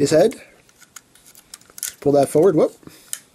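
A plastic shark-robot toy figure is being transformed by hand, with its head/torso part pulled forward toward the figure body as someone talks. Short, sharp plastic ticks and handling clicks come between the speech. Nothing has seated or locked into place yet.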